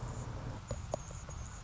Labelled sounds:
Anna's Hummingbird (Calypte anna)
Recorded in Sonoma County, California

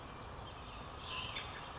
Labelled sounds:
Western Flycatcher (Empidonax difficilis)
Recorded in Sonoma County, California

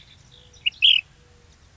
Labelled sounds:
Ash-throated Flycatcher (Myiarchus cinerascens)
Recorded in Sonoma County, California

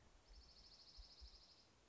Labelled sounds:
Dark-eyed Junco (Junco hyemalis)
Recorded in Sonoma County, California

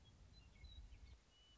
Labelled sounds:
Western Meadowlark (Sturnella neglecta)
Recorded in Sonoma County, California

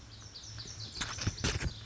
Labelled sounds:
Lazuli Bunting (Passerina amoena)
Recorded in Sonoma County, California

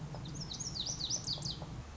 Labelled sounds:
Lazuli Bunting (Passerina amoena)
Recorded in Sonoma County, California

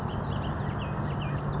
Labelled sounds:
Bullock's Oriole (Icterus bullockii)
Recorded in Sonoma County, California

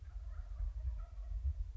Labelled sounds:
Wild Turkey (Meleagris gallopavo)
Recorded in Sonoma County, California

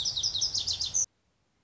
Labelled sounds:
Lazuli Bunting (Passerina amoena)
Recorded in Sonoma County, California

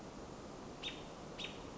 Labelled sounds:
American Robin (Turdus migratorius)
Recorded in Sonoma County, California

